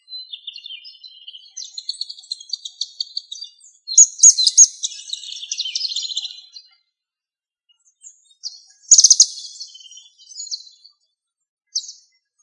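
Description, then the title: Bird song of rapid high chirps and twittering phrases, bursts of bright notes around four seconds and again near nine seconds, with short pauses between. "LuckyPassaro Completos2Sama"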